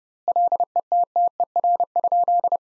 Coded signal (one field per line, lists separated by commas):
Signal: Morse code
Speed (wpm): 30 wpm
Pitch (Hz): 700 Hz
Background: none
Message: LETTER?